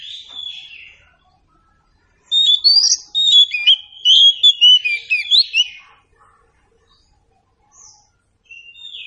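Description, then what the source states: Oriental Magpie-Robin singing a rich, fast sequence of whistled and warbled notes for about four seconds, then short soft phrases after a pause. Meant to prompt a bird to sing in reply.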